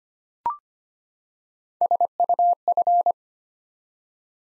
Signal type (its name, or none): Morse code